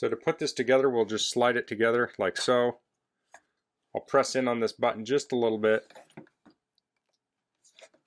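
Someone talks while the upper shaft section of a Seyvum 20V cordless string trimmer and edger is slid into the lower shaft coupling, with the release button pressed in slightly. Only a few faint, brief ticks are heard in the pauses. Nothing has seated or clicked into place yet.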